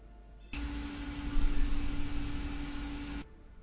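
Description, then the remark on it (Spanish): An electric fan whirs steadily for a few seconds, a constant airy whoosh with a low hum running underneath, starting and stopping abruptly. No one speaks. “El ventilador de soliloquio.”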